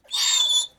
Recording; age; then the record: pig call; piglet (1 to 25 days)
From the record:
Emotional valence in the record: negative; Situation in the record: restrain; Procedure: back test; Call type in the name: high-frequency call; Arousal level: medium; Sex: male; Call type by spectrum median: high-frequency call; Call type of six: high-frequency stable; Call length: 0.79 s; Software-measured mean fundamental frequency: 355 Hz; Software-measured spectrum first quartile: 3486 Hz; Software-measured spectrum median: 4352 Hz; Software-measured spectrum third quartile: 6628 Hz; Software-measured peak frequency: 3478 Hz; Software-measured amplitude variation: 185 dB a second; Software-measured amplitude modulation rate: 18.9 a second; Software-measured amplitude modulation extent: 9.8 dB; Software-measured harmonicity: 10.1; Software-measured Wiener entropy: -3.19